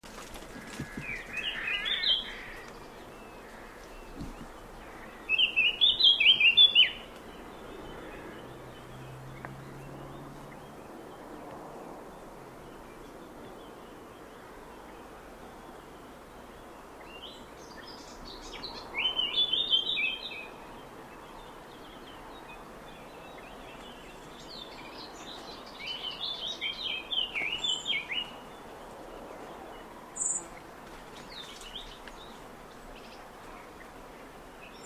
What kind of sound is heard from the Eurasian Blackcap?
song